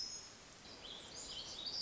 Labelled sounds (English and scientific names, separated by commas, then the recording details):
Black-throated Gray Warbler (Setophaga nigrescens)
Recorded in Sonoma County, California